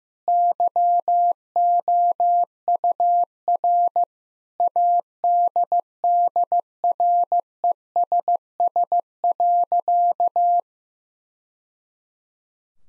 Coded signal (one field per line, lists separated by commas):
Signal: Morse code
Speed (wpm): 15 wpm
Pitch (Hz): 700 Hz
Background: none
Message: YOUR ADDRESS.